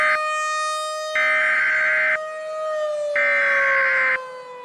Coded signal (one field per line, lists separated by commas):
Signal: Emergency Alert System (SAME) tones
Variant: header bursts